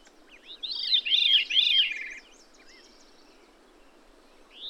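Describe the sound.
Bird song: one phrase of three arched, slurred notes, followed by faint high twittering and a rising note at the end.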